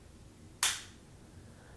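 A small wearable activity monitor is slid USB side down into a plastic belt clip and pressed until it latches. One sharp, loud click rings out at 0.6 s against quiet background noise, and the device is seated in the clip.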